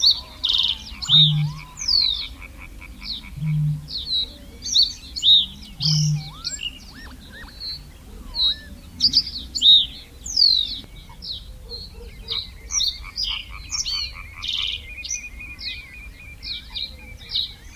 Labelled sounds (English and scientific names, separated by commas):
Reed Bunting (Emberiza schoeniclus)